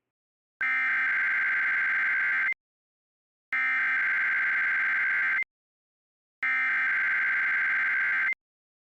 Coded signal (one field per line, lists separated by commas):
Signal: Emergency Alert System (SAME) tones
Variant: header bursts